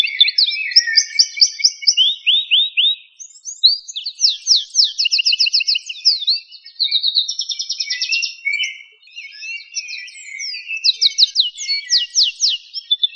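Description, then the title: Bird song: quick high trills and buzzy repeated notes in phrases that change pitch, with brief pauses between bursts. "LuckyPassaros CompletosSama"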